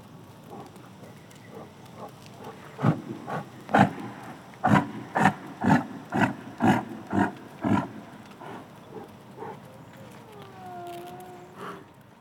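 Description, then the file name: Yak grunting in a series of short, rough pulses that build and then fade; a faint tonal whine near the end. "Digiffects Sound Effects Library - Yak Grunt"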